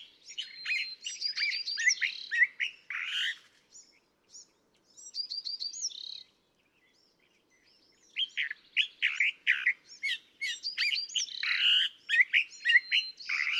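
California thrasher singing jumbled phrases of sweet whistles and rough chatters, falling silent briefly midway before resuming a fast, varied stream.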